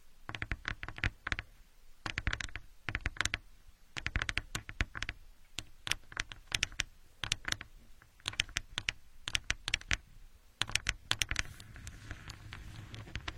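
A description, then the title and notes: Building blocks clack and click against each other in quick bursts of sharp taps, with short pauses between handfuls roughly every two seconds. The knocks are crisp and bright, sounding much like typing. Near the end a soft rustling wash joins in. Asmr, playing with building blocks.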